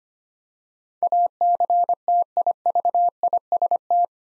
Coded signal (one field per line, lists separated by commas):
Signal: Morse code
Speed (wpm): 25 wpm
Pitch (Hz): 700 Hz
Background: none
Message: ACTIVIST